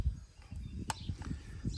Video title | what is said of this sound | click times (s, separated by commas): Rusty has ANOTHER Box!! | Clicks in there you can hear it click | 0.9 s